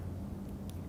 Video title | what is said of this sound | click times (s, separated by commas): Kathy Quilts Digital Event | We heard that click. Now it's in there. | 0.7 s